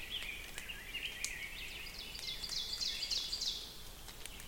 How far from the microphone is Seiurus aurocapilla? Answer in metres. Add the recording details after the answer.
about 75 m. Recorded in boreal forest in Alberta, Canada, on 5 June 2016 at 07:05. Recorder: SongMeter 3, array SBT-3-51. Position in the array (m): 194 m, 9 m. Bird 27